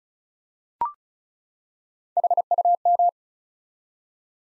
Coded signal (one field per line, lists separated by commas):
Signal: Morse code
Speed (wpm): 36 wpm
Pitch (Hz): 700 Hz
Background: none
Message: HUM